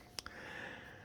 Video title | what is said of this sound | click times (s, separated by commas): Eureka Whirlwind Litespeed Vacuum Review In-Depth (5843) | and twist it until it locks into place just like that | 0.2 s, 0.3 s